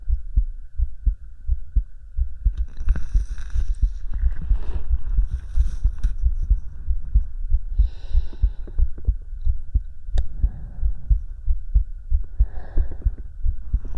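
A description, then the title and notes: A heartbeat thuds steadily and low throughout, quick and regular, with a faint constant hum underneath. Breaths rise over it as soft hissing swells, around three, five to six, eight, and twelve to thirteen seconds. ASMR Hugging your Head HeartBeat with Breathing.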